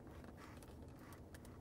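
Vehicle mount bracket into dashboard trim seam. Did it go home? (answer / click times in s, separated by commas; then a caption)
no / none. A plastic phone-holder mount (ProClip USA Center Mount, 855145) for a 2015–2017 Lincoln Navigator is being handled, its notched edge slid into an open seam in the dashboard trim. Brief faint scraping ticks are heard around 0.6 s and 1.4 s over a low steady background. Nothing has clicked or seated yet.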